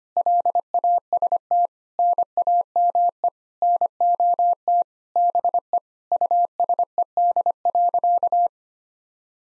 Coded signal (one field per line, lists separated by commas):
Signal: Morse code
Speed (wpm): 25 wpm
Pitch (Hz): 700 Hz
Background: none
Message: LAST NAME NOT BE USED.